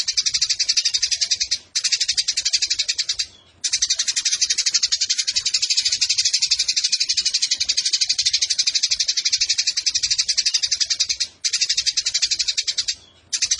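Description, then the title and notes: Eurasian tree sparrow chattering song, a fast unbroken stream of high buzzy chirps about four per second, stopping only for a few brief pauses. Fighting sparrow with long bursts and a clear voice; masteran tutor song for competition birds. "GEREJA TARUNG NEMBAK PANJANG SUARA JERNIH MASTERAN WAJIB BURUNG LOMBA. Burung Gereja"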